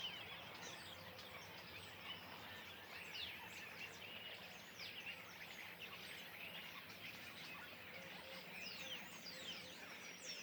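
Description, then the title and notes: Common starlings in a noisy, unbroken chorus of squeaks, clicks and short whistled notes, many birds calling over one another at once. Flock perched in trees beside a pond at Le Louroux, Indre-et-Loire, France; recorded in stereo ORTF with Sennheiser MKH8020 microphones and a MixPre-6 II recorder. "Le Louroux, Loches, Indre-et-Loire, Centre-Val de Loire, France métropolitaine, 37240, France - étourneaux sansonnet dans les arbres. Nuée d'étourneaux posés dans un arbre aux abords de l'étang du louroux"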